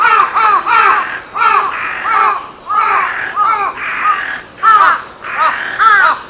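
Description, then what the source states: Crows calling in loud bursts of two or three harsh arched caws, each burst separated by short pauses. Recorded 14 May 2022.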